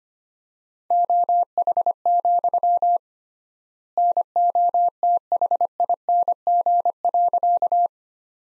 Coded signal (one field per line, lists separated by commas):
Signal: Morse code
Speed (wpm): 25 wpm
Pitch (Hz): 700 Hz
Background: none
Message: OH, NOTHING.